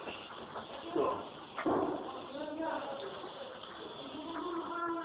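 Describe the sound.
A door bangs twice in quick succession, two sharp, heavy thuds about half a second apart, disturbing a recorded lesson, over a steady background of people talking.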